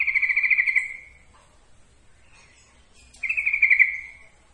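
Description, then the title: Yellow-vented bulbul song: two flat, rapidly pulsed trills separated by about two seconds, with faint short notes between them. Masteran training recording of trucukan song. "Masteran Ampuh Suara Trucukan"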